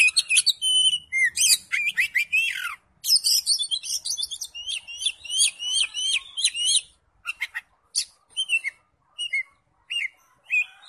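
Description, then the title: Oriental magpie-robin song, a busy stream of high chirps and bright upslurred whistles, dense at first, then spaced-out single notes toward the end. "Kacer"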